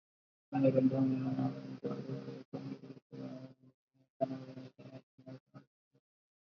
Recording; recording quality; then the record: counting at a fast pace; poor, much background noise or distortion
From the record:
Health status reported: respiratory illness, not identified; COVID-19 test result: not tested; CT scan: not taken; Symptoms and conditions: fever, fatigue, muscle pain, diarrhoea, asthma, hypertension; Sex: male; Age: 42 years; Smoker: yes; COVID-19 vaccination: both doses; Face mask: worn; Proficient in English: yes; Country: India